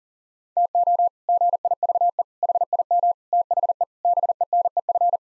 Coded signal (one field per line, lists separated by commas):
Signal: Morse code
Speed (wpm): 40 wpm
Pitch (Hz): 700 Hz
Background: none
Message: TO GIVE HIM THE BENEF